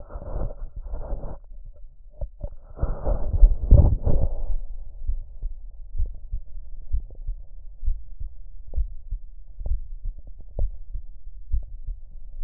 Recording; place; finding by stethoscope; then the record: heart sounds by stethoscope; pulmonary valve (PV); normal heart sounds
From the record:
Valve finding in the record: normal valve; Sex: female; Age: 43 years